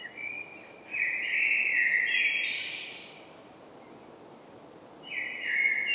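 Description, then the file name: Common blackbird calling, a sustained stepped whistle for two seconds, a quiet pause, then a second whistled note begins near the end. "Turdus merula"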